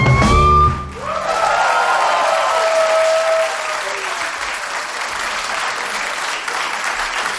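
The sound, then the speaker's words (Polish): A song ends with a last sustained note, then a concert audience spontaneously breaks into steady, dense applause, unprompted and unencouraged, that carries on loudly for several seconds, with a few whoops and shouts rising out of the clapping. “To kocham w tej robocie, to kocham w tej robocie, jak coś tak się spontanicznie wydarzy, jak ludzie zupełnie do niczego nie przymuszani ani nie zachęcani tak zareagują.”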